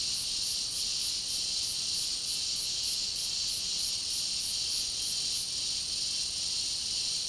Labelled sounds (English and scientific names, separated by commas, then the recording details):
none
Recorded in secondary vegetation near Puerto Asís, Putumayo, Colombia, on 20 February 2024 at 11:30
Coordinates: 0.489, -76.322
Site G6419